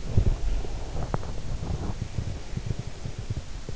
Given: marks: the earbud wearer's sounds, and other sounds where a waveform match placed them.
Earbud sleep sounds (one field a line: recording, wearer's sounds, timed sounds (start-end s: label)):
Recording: sounds in sleep by an in-ear microphone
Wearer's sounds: breath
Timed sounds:
0.12-3.20 s: breath